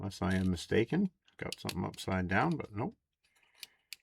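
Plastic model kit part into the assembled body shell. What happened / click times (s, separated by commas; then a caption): A stiff plastic part snapped into place with two clicks / 3.6 s, 3.9 s. Someone talks, then a stiff plastic model kit part is pressed into the assembled body shell and snaps home with two sharp clicks at 3.6 and 3.9 seconds. The part is seated with a double clip.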